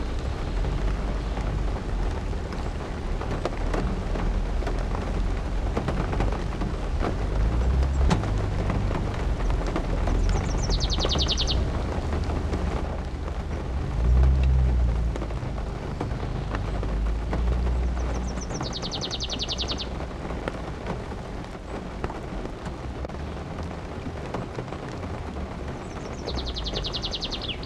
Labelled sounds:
Common Chaffinch song
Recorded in the wild
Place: Garmisch-Partenkirchen, Bayern, DE
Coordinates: 47.4775, 11.0794
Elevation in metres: 802
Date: 1980-04-01
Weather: Regen
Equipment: Uher 4000, Sennheiser MKH 415 T
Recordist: Tretzel, Erwin
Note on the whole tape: Rießersee, Garmisch-Partenkirchen: Gesang "widwidja" und "wittja"

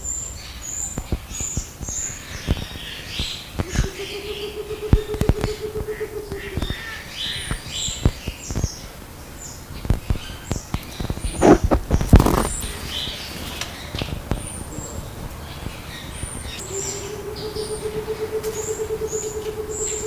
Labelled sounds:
Cinnamon Ground Dove call
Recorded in captivity
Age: adult
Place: Zoo Berlin, Berlin, DE
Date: 2000-08-29 10:10
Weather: fair, 21°C
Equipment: Nagra SN, Kopie Uher 4000 Report Monitor
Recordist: Tembrock, Günter

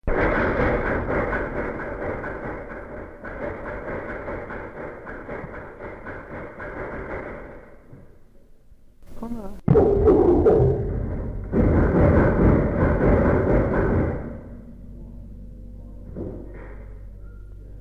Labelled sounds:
Chimpanzee
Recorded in captivity
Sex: diverse
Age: adult
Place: Tierpark Berlin, Berlin, DE
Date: 1961-01-16
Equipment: Smaragd
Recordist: Korde and Stein
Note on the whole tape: S 579 b): Konga: Gitterrütteln; Konga + Charli: Schreien, Gitterrütteln; Konga, Charli + Kicki: Schreien, Gitterrütteln; Fütterung; Konga+Kicki betteln, klopfen, klatschen, Gitterrütteln (Berufspraktikum-Protokoll)

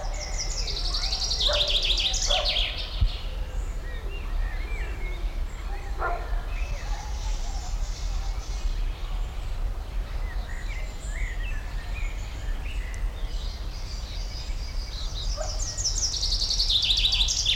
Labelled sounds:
Common Chaffinch
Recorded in the wild
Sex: male
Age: adult
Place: Botanische Anlage Blankenfelde, Berlin, DE
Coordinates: 52.603, 13.4
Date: 1993-05-30 10:07
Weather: heiter, 17°C
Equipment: Marantz CP 430, Sennheiser ME 80, Kopie Uher Variocord 263
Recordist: Tembrock, Günter

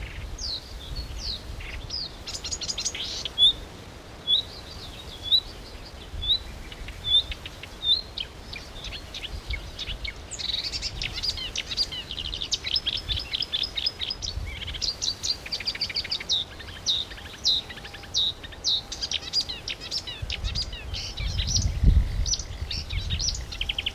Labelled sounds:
Marsh Warbler song
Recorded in the wild
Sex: male
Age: adult
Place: Berlin, OT Blankenfelde, Berlin, DE
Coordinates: 52.6167, 13.4
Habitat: field
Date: 1988-06-04
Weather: overcast, 18-20°C, gusty winds
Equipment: Nagra SN, Kopie Tesla B 116
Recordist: Tembrock, Günter
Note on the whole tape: Bei Blankenfelde, am ehemaligen Feldrand. Gesang

